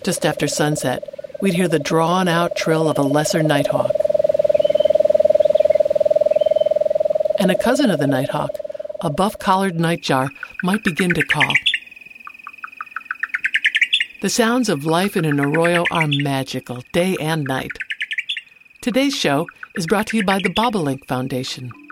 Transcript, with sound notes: Just after sunset, we’d hear the drawn-out trill of a Lesser Nighthawk. And a cousin of the nighthawk, a Buff-collared Nightjar, might begin to call [Buff-collared Nightjar calls] The sounds of life in an arroyo are magical, day and night. Today’s show is brought to you by The Bobolink Foundation.